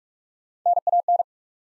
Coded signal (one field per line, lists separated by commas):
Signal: Morse code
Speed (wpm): 41 wpm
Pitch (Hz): 700 Hz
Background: none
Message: NAN